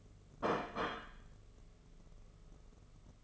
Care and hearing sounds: daily activity, microphone in the room; place plate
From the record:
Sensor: 4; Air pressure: 1015.9 hPa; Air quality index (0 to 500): 208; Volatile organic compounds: 13 ppm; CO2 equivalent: 2395 ppm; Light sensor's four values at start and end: 17/39/16/17 and 17/39/16/17

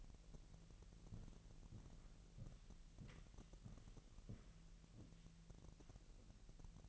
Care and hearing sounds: daily activity, microphone in the room; walk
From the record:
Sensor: 4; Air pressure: 1003.0 hPa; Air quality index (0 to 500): 247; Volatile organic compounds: 26 ppm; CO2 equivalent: 2874 ppm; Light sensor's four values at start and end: 7/17/7/7 and 8/17/7/7

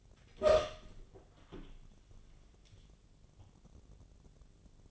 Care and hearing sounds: daily activity, microphone in the room; open door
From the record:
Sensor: 4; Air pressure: 1001.1 hPa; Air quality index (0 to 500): 183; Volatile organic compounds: 2 ppm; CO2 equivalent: 1309 ppm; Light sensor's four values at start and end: 17/39/16/16 and 15/34/14/14

